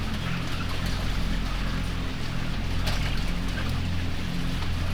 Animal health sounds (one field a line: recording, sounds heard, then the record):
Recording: poultry house recording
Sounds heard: healthy chickens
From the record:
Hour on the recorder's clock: 19